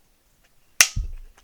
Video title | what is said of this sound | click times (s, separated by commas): Is The Swampfox Sentinel Good or Garbage | once you hear that click you know you're good | 0.8 s